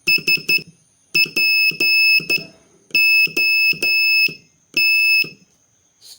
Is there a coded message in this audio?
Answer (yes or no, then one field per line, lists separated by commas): yes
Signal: Morse code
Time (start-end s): 0.1-5.2 s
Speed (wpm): 12 wpm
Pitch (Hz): 2600 Hz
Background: none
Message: SPOT